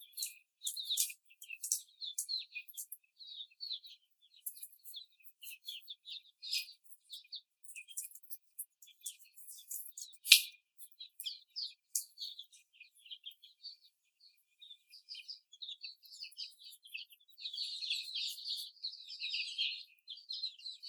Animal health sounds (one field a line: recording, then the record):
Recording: young laying hens in a cage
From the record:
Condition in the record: before the stressor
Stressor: simulated dog barking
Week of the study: 4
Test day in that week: 2